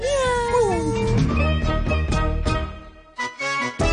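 A cat meows with gliding, wavering pitch at the start, followed by loud, bright music-like tones that continue steadily, briefly cutting out twice near the end.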